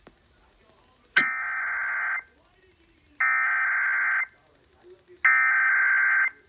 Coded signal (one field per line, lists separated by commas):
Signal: Emergency Alert System (SAME) tones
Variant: header bursts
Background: speech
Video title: WJFK May 2022 week 1 RWT(EAS 2,595-2,596)